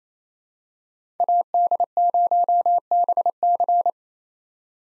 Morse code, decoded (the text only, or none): AD0BC